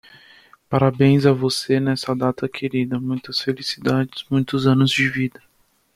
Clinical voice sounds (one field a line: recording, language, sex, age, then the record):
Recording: short text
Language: Brazilian Portuguese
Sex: male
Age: 20 to 29 years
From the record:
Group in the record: control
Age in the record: 25 years